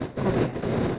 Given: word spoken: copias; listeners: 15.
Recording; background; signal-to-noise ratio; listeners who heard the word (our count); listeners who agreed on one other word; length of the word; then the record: one Spanish word in noise, from a listening test; noise modulated by three-talker babble; -6.8 dB; 5 of 15; 6 of 15; 0.58 s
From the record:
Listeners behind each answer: 6, 5, 1, 1, 1, 1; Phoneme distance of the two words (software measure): 17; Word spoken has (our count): 2 syllables, 6 phonemes, stress on syllable 1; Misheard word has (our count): 2 syllables, 5 phonemes, stress on syllable 1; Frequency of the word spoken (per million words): 12.08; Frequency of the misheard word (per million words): 13.05